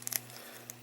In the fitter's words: so so I'm going to go ahead and put it over here at least it'll stay so okay neither side locks in well